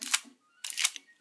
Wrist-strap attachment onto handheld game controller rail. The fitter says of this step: Alright, everyone, get ready for the most satisfying click of your life.